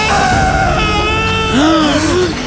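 A man in a forest lets out a long, wavering scream that rises and falls in pitch, fairly loud, following a steady higher-pitched tone at the start.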